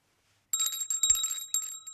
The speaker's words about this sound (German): Sie haben geläutet, Sir.